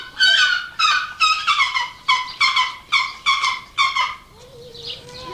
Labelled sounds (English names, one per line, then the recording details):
Pallas's Fish Eagle call
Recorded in captivity
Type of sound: call
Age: adult
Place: Zoo Berlin, Berlin, DE
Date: 1986-05-02 10:08
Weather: sonnig, 12°C
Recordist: Tembrock, Günter
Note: Lautfolge